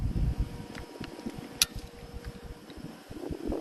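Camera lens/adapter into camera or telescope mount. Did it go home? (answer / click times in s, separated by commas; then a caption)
yes / 1.6 s. A camera attachment, a lens or adapter, is fitted into a camera or telescope mount during a lunar eclipse session, and it seats with a single sharp, loud click at 1.6 s. Fainter ticks and handling noises sit around it over a steady low hum and rumble.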